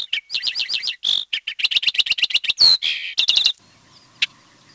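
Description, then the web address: Sage thrasher song, a rapid run of high, buzzy warbled notes repeated in quick bursts, including a sharp downslurred whistle, ending abruptly before a single faint click. "Peterson North American Birds. sath"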